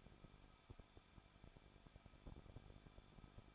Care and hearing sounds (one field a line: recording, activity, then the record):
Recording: daily activity, microphone in the room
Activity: no activity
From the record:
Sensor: 5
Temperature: 20.8 degrees Celsius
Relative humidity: 38.2%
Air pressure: 1006.5 hPa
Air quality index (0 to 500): 186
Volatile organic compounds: 18 ppm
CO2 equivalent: 2609 ppm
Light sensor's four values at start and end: 2/3/1/1 and 2/3/1/1